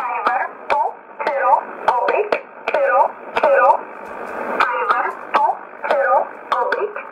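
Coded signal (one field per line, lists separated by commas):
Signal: numbers station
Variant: E11 Oblique, English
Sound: flat, band-limited voice reading short words at a steady rhythm over hiss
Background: radio static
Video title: 31 01 2019 E11 Oblique Numbers station in English 1531 on 5082 unknown tx site in USB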